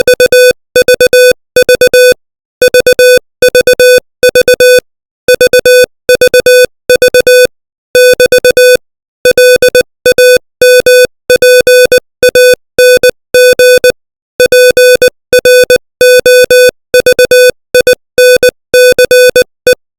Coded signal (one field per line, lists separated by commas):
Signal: Morse code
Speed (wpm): 20 wpm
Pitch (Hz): 500 Hz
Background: music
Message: UVV VVV VVV <BT> LAMPANG PROVINCE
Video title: Morse Code 20 WPM : Lampang